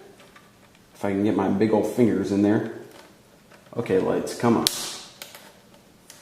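A wiring connector is pushed by hand onto the back of the dashboard light switch of a go kart while someone talks through the struggle to fit it with their fingers. The connector goes on with sharp clicks at 5.2 and 6.1 seconds, and it is seated.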